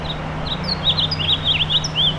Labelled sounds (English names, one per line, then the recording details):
House Finch song
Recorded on Long Island, New York, on 7 June 2011
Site MV
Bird A